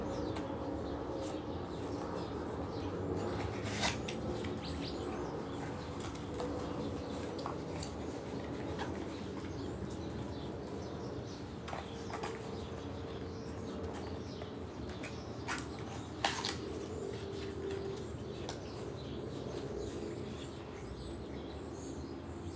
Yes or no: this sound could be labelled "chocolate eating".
no